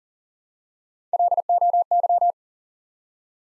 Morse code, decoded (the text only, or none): LOY